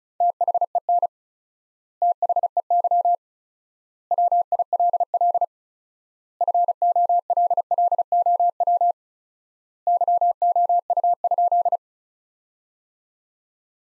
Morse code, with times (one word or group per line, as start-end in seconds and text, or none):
0.2-1.1 THEN
2.0-3.2 THEY
4.1-5.4 WILL
6.4-8.9 FOLLOW
9.9-11.8 YOU?